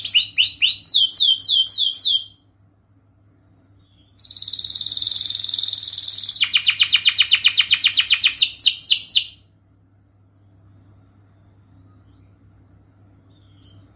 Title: Kenari Gacor Cengkok Terbaik Isian Paling Mewah Kenari